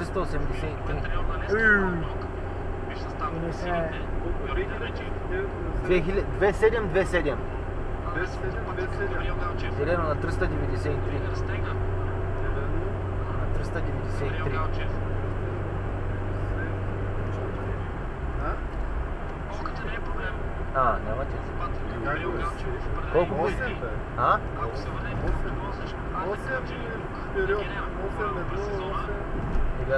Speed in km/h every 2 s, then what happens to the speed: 67, 67, 67, 67, 69, 70, 71, 72, 73, 72, 73, 73, 76, 77, 78.
0-30 speeds up to 78.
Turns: none.